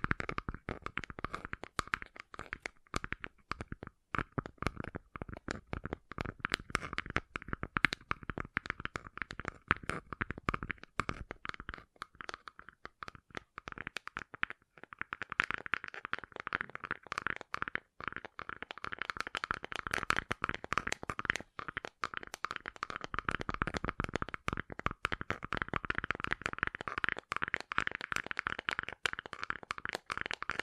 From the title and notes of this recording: ASMR Gentle Tapping You Will Fall Asleep To (No Talking).